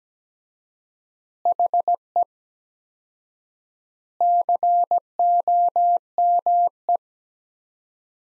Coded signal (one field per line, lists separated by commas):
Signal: Morse code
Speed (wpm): 17 wpm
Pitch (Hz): 700 Hz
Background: none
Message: HE COME